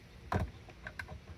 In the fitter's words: And it should click into place and it did.